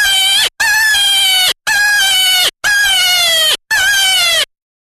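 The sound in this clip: Jackrabbit screaming in distress, five loud harmonic wails of close to a second each, steady then dipping at the end, separated by short breaks.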